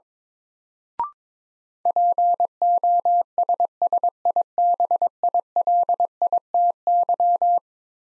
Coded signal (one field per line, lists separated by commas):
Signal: Morse code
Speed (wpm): 22 wpm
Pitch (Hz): 700 Hz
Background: none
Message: POSSIBILITY